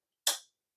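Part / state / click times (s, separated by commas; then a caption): blender cup into blender motor base / seated / 0.3 s. A plastic blender cup is twisted and locked onto the motor base of a Ninja blender, producing a single sharp click at 0.3 s. The click is bright and broadband and decays within about 0.2 seconds, confirming the cup is seated.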